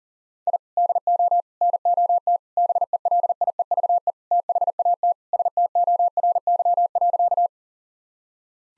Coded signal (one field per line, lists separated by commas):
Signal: Morse code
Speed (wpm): 40 wpm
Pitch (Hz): 700 Hz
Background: none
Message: I DO NOT BELIEVE THAT STORY.